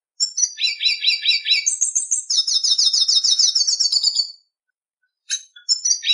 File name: Canto do pintassilgo da venezuela